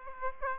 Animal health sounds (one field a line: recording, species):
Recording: mosquito wingbeat signal from an infrared sensor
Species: Aedes aegypti